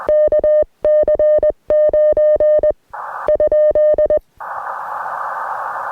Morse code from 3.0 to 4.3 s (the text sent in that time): ?